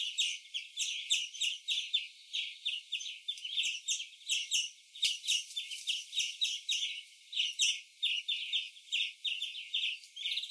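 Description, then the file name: European greenfinch twittering: a dense, fast run of many bright chirping notes continuing steadily throughout, with soft buzzy trills behind. "Chloris chloris"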